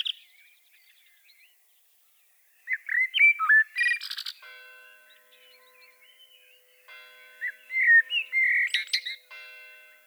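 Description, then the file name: Common blackbird fluted whistles and twittering in two phrases, with a faint steady ringing tone running underneath the second half. "Turdus merula"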